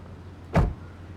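A single short, heavy thump like a car door shutting as someone gets out, rising briefly over a low, steady background hum, with no talking.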